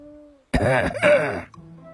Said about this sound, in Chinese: 夫子轻轻咳嗽了一声